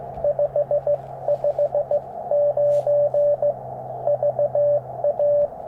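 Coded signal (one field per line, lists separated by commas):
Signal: Morse code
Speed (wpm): 19 wpm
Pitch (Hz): 600 Hz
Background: radio noise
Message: 559 VA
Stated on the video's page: CW Parks on the Air activation at 50 watts from a Yaesu FT-891, sent with Bamatech paddles into a ground-mounted Yaesu ATAS-120A antenna with eight radials.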